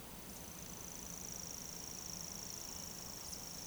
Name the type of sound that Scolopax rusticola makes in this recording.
whistle